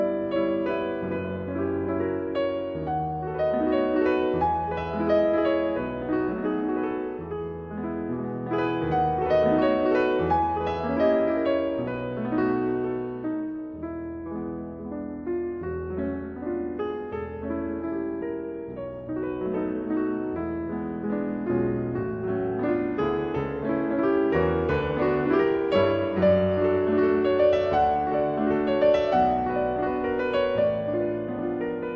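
Setsubun festivities at a Kitano Tenmangu shrine gathering, carried by dense ongoing music of many overlapping sustained, shifting tones from low to bright. The sound stays full throughout, easing slightly around the middle before swelling again toward the end.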